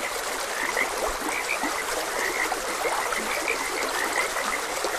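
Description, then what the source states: Frogs calling in a continuous chorus of short bright croaks, a few lower notes mixed in, over gently running water. Frogs croaking beside a gentle stream.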